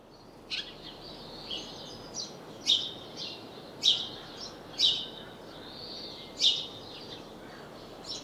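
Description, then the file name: House sparrow chirps, short sharp notes given irregularly about once a second, some louder than others, over a steady background hiss with faint bird twittering. "Passer domesticus"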